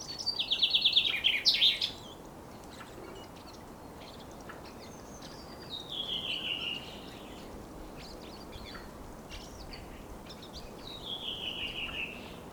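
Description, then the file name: Common chaffinch song: a loud descending rattling trill ending in a brief flourish, followed by two fainter similar songs spaced roughly five seconds apart, over steady background hiss. "Fringilla coelebs"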